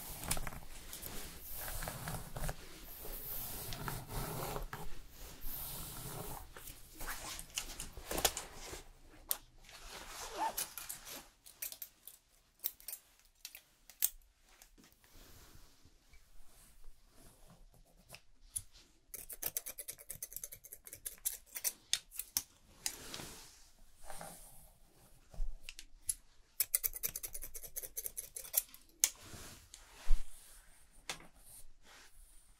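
A fast haircut with quick, irregular scissor snips and rubbing sounds, busier and denser in the first ten seconds, then sparser with scattered clicks.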